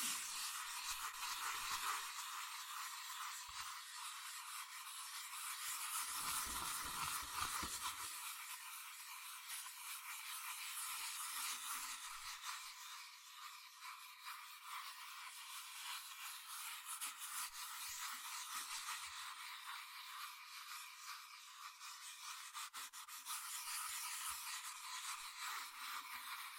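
Fast scratching and tracing on cardboard and paper, a dense, steady hiss of rubbing that barely lets up across the whole stretch. The sound stays bright and thin, with soft duller bumps near six seconds and occasional light taps scattered throughout.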